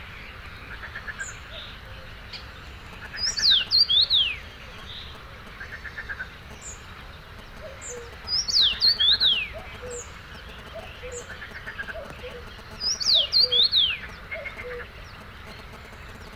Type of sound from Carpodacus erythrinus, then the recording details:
song. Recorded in the wild. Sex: male. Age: adult. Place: Gartz (Oder), Nationalpark Unteres Odertal, Brandenburg, DE. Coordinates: 53.1485, 14.3622. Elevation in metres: 1. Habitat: wetland. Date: 2014-05-21 05:17. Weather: cloudy, 10°C, almost windless. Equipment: Sound Devices 702, Sennheiser MKH 70, Rycote Windschutz. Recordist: Frommolt, Karl-Heinz